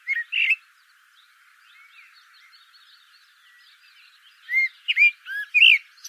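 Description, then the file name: Common blackbird song: a short burst of fluty whistled notes, then a pause of several seconds, then another phrase of warbled whistles ending in a high twitter. "Turdus merula"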